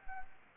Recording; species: mosquito wingbeat signal from an infrared sensor; Anopheles arabiensis